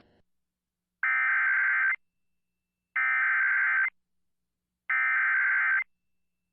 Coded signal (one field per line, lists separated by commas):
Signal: Emergency Alert System (SAME) tones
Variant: header bursts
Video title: We Aren't Done Yet | EAS Alerts from 9/17/2022 (EAS #1414-1430)